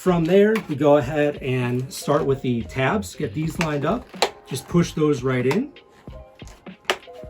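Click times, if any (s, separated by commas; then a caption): 6.4 s, 6.7 s, 6.9 s. Someone talks while lining up the snap tabs of the second cheek pad on an LS2 Explorer helmet and pushing them into the helmet's plastic base. Sharp clicks follow at 6.4, 6.7 and 6.9 seconds as the tabs snap into place, with the last one loudest. The cheek pad is seated.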